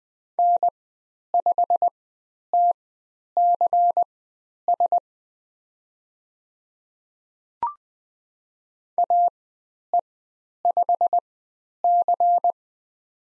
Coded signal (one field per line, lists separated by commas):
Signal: Morse code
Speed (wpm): 20 wpm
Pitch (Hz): 700 Hz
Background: none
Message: N5TCS AE5C